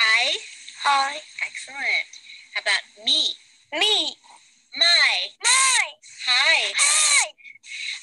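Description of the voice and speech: A young girl with cerebral palsy, dysarthria and childhood apraxia of speech repeats single syllables after a clinician: strained, very loud, high-pitched speech with stretched, broken vowels and a clipped quality. Vowels and single syllables come out fairly well, showing childhood apraxia of speech with dysarthria.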